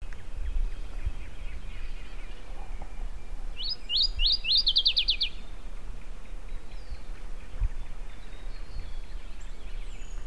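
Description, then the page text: Masked yellowthroat singing one brisk phrase of fast, high, chipping notes lasting over a second, with constant low rumble and faint bird calls. Recorded in Argentina. "cantos aracaranegra. Fotos de aves de Argentina"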